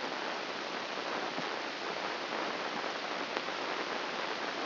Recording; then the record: brain microelectrode recording played as sound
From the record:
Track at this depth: outside the subthalamic nucleus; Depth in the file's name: 0.806 mm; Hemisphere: right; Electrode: 2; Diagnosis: Parkinson's disease